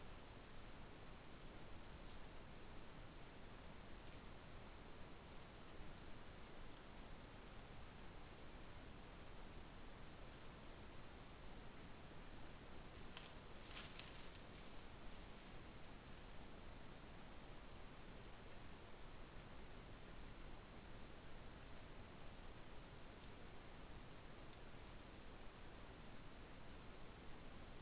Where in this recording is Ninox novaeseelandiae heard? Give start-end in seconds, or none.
none